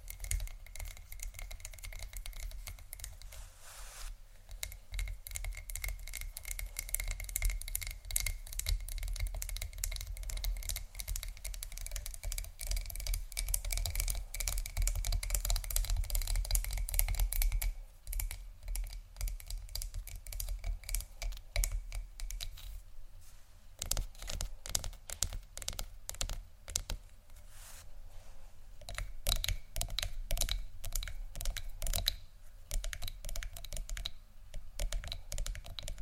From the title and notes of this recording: ASMR Scratch & Tap On Tingly Textures（No Talking）.